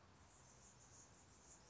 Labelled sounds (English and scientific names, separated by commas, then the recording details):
Anna's Hummingbird (Calypte anna)
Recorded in Sonoma County, California